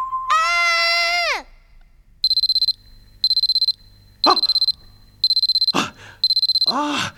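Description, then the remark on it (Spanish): An alarm clock beeps in five regular bursts of rapid, high-pitched pulses, after a long falling groan-like cry, with brief vocal sounds breaking in between the bursts. “¡El despertador!”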